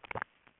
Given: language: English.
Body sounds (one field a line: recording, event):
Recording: throat vibration sensor signal played as sound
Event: swallow